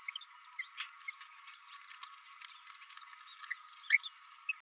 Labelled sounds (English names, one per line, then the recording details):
Green-rumped Parrotlet babbling
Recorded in a nest box in Venezuela
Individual 18B104A3